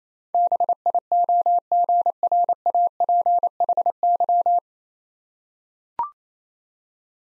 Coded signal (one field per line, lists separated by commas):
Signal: Morse code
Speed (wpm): 28 wpm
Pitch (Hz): 700 Hz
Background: none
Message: BIOGRAPHY